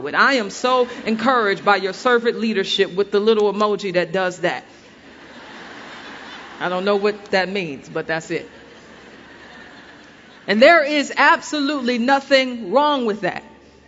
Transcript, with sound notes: “I’m so encouraged by your servant leadership,” with the little emoji that does that. (laughter) I don’t know what that means, but that’s it. (laughter) And there is absolutely nothing wrong with that.